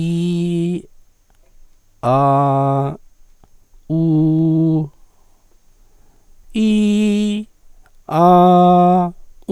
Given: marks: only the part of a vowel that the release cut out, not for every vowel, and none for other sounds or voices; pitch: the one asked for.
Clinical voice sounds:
sustained vowels; male; 60 to 69 years
0.00-0.68 s: vowel /i/, normal pitch
2.13-2.81 s: vowel /a/, normal pitch
4.04-4.71 s: vowel /u/, normal pitch
6.65-7.28 s: vowel /i/, high pitch
8.23-8.98 s: vowel /a/, high pitch
From the record:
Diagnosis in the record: contact pachydermia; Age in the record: 68 years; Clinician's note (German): Verdacht auf Kontaktpachydermie, etwas atypisch, hinteres Drittel verlängerte Schlußphase

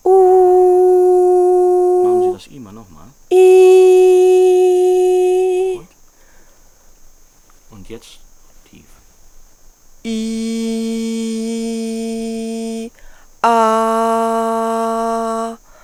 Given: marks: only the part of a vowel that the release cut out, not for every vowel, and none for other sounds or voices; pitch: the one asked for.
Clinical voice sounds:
sustained vowels; female; 20 to 29 years
0.29-1.79 s: vowel /u/, high pitch
3.80-5.32 s: vowel /i/, high pitch
10.49-12.45 s: vowel /i/, low pitch
13.68-15.32 s: vowel /a/, low pitch
From the record:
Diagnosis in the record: healthy voice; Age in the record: 25 years

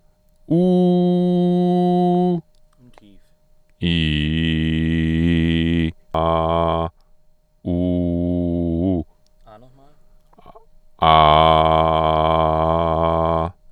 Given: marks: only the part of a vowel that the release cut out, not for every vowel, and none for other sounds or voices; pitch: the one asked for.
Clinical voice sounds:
sustained vowels; male; 30 to 39 years
0.61-2.26 s: vowel /u/, high pitch
3.96-5.75 s: vowel /i/, low pitch
7.78-8.89 s: vowel /u/, low pitch
11.39-13.21 s: vowel /a/, low pitch
From the record:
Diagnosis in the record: healthy voice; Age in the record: 38 years

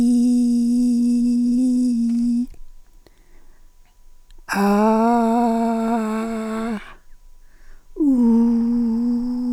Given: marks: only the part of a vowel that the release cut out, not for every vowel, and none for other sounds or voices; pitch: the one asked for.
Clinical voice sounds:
sustained vowels; female; 70 to 79 years
0.00-1.91 s: vowel /i/, normal pitch
4.63-6.60 s: vowel /a/, normal pitch
8.19-9.15 s: vowel /u/, normal pitch
From the record:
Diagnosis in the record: presbyphonia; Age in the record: 77 years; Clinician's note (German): Intermediärschwäche

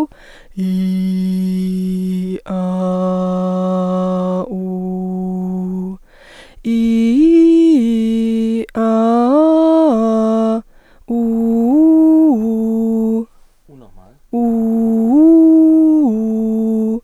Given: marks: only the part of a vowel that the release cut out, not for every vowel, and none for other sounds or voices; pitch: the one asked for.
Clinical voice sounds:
sustained vowels; female; 20 to 29 years
0.72-1.91 s: vowel /i/, low pitch
2.63-4.33 s: vowel /a/, low pitch
4.63-5.58 s: vowel /u/, low pitch
6.80-8.30 s: vowel /i/, low-high-low pitch
8.89-10.42 s: vowel /a/, low-high-low pitch
14.52-16.84 s: vowel /u/, low-high-low pitch
From the record:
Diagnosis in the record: dysodia (singing voice disorder); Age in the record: 23 years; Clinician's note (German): Leichte beginnende hyperfunktionelle Dysphonie mit sehr enger Artikulation

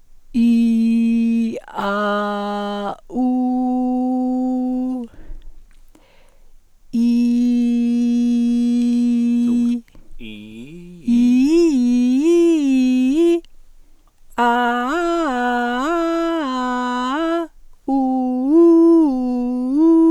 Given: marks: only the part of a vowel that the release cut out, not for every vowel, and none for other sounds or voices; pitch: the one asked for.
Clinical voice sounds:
sustained vowels; female; 70 to 79 years
0.53-1.45 s: vowel /i/, low pitch
1.88-2.81 s: vowel /a/, low pitch
3.26-4.86 s: vowel /u/, low pitch
11.75-13.05 s: vowel /i/, low-high-low pitch
15.62-16.77 s: vowel /a/, low-high-low pitch
17.98-19.67 s: vowel /u/, low-high-low pitch
From the record:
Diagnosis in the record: presbyphonia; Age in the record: 73 years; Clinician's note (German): Vox senilis

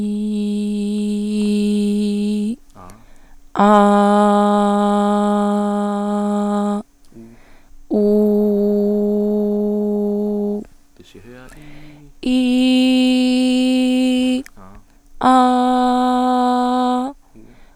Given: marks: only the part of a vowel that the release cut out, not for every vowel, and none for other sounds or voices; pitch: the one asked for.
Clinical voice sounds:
sustained vowels; female; 20 to 29 years
0.00-1.91 s: vowel /i/, normal pitch
4.03-6.00 s: vowel /a/, normal pitch
8.33-10.24 s: vowel /u/, normal pitch
12.46-14.19 s: vowel /i/, high pitch
15.46-17.00 s: vowel /a/, high pitch
From the record:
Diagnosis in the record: recurrent laryngeal nerve paralysis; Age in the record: 27 years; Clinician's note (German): Rechts, bei laufender logopädischer Therapie, mit beginnender phonatorischer Kompensation Erste Aufnahme nach 3. Therapie, OP

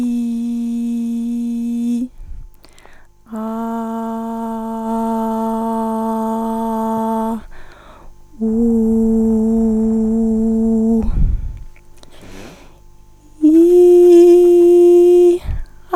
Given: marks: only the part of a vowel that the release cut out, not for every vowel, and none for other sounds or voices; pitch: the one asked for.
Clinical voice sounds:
sustained vowels; female; 40 to 49 years
0.00-1.82 s: vowel /i/, normal pitch
5.24-7.17 s: vowel /a/, normal pitch
8.89-10.85 s: vowel /u/, normal pitch
13.55-15.22 s: vowel /i/, high pitch
From the record:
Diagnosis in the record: phonasthenia (vocal fatigue); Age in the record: 43 years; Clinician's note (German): Ausgeprägte Phonasthenie mit psychogener Komponente

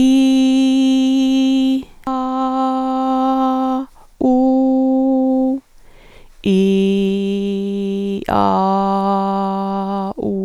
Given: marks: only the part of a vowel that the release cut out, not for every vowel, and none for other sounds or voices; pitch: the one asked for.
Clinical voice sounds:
sustained vowels; female; 60 to 69 years
0.74-1.69 s: vowel /i/, high pitch
2.28-3.49 s: vowel /a/, high pitch
4.39-5.35 s: vowel /u/, high pitch
7.20-8.05 s: vowel /i/, low pitch
8.64-9.90 s: vowel /a/, low pitch
From the record:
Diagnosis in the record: functional dysphonia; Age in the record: 61 years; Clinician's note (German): Leichte Form

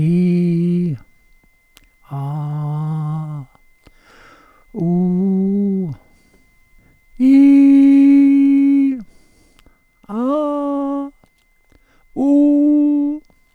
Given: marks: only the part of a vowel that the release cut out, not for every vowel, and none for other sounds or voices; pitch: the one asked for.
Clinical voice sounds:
sustained vowels; male; 70 to 79 years
0.00-0.85 s: vowel /i/, normal pitch
2.19-3.22 s: vowel /a/, normal pitch
4.83-5.82 s: vowel /u/, normal pitch
7.47-8.81 s: vowel /i/, high pitch
10.35-10.99 s: vowel /a/, high pitch
12.27-13.06 s: vowel /u/, high pitch
From the record:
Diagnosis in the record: contact pachydermia, monochorditis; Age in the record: 70 years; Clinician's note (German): Akute Pachydermie li, Monochorditis li

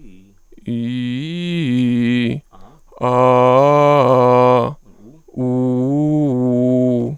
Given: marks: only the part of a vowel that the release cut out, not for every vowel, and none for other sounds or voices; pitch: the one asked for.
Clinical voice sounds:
sustained vowels; male; 30 to 39 years
0.79-2.15 s: vowel /i/, low-high-low pitch
3.22-4.53 s: vowel /a/, low-high-low pitch
5.50-6.96 s: vowel /u/, low-high-low pitch
From the record:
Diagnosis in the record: mutational falsetto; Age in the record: 33 years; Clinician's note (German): Stroboskopisch nur in Höhen Amplitudendifferenzen

